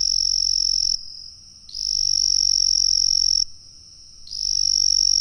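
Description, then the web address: Frog giving a high, steady trilling call in long bursts of about one to two seconds, broken by brief pauses, with faint low hum underneath. "Frogs World"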